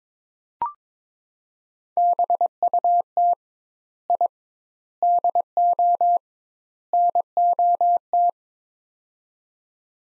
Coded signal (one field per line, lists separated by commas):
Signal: Morse code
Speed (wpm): 22 wpm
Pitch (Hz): 700 Hz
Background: none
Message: BUT I DO NOT